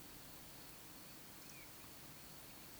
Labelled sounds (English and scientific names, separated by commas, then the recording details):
Eurasian Woodcock (Scolopax rusticola) whistle
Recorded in Baden-Württemberg, Germany, on 25 June 2020 at 20:06 UTC
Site 46874, 985 m above sea level